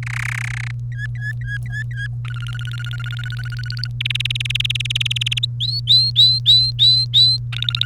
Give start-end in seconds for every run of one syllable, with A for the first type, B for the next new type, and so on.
0.03-0.71 A, 0.92-2.07 B, 2.25-3.87 C, 4.00-5.45 D, 5.60-7.37 E, 7.52-7.85 C